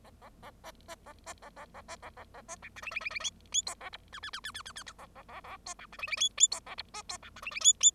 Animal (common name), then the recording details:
Bengalese Finch. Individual Bird0